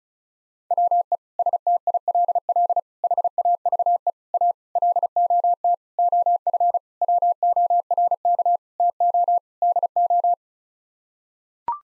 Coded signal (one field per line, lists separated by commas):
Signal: Morse code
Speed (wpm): 34 wpm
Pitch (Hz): 700 Hz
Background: none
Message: WE STILL HAVE A LOT OF WORK TO DO